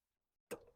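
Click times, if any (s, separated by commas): 0.5 s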